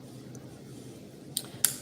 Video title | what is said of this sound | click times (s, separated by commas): BLI QSI PRR E7A TCS WOW Installation (LIVE Stream Edition | okay so that's good so this is this is now back down it's clicked back in | 1.4 s, 1.7 s